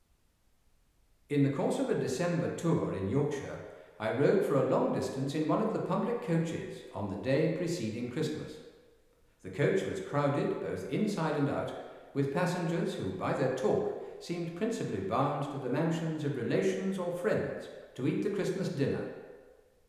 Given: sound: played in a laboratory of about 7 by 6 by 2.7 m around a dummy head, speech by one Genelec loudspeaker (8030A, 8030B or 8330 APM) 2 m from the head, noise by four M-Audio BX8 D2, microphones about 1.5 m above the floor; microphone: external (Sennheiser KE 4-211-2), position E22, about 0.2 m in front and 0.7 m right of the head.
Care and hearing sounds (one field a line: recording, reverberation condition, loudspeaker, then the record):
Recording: male speech in English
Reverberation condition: high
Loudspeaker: 90 degrees to the right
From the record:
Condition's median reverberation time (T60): about 1300 ms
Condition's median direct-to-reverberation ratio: about -4.0 dB